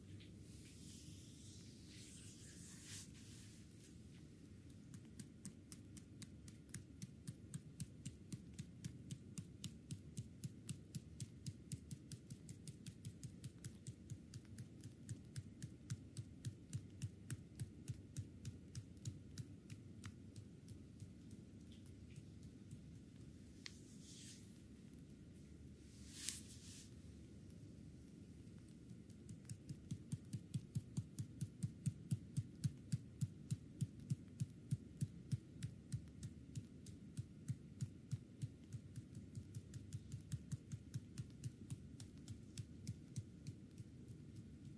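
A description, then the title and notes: Deep tissue back massage: steady, rapid low rubbing thumps repeating through the whole clip, with brief brighter rustles near 3, 24 and 26 seconds. Asmr back massage. Deep tissue back massage.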